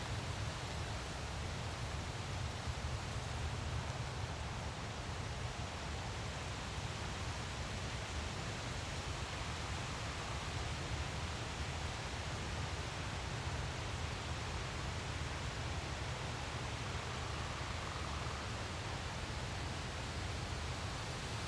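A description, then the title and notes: A gentle wind blows in a steady, unbroken wash of rushing sound, with a strong low rumble underneath and a softer hiss reaching up into the highs. The level stays even throughout, with only slight flutters and no distinct events or other sounds. Gentle Wind Blow.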